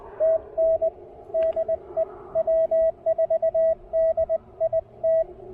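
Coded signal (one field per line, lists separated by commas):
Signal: Morse code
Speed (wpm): 18 wpm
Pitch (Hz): 590 Hz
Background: radio noise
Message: TN DE W4DIT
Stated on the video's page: POTA portable QRP activation on the Pamlico Sound with Icom IC-705 transceiver and Elecraft AX1 antenna.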